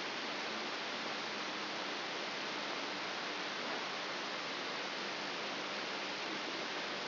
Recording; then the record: brain microelectrode recording played as sound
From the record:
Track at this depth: inside the subthalamic nucleus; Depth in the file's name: 3.902 mm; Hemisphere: left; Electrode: 3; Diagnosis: Parkinson's disease